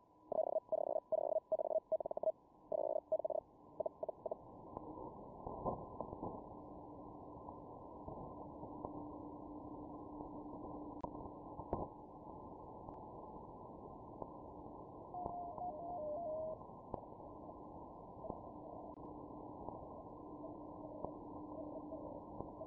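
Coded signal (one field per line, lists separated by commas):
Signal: Hellschreiber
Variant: Feld Hell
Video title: feldhell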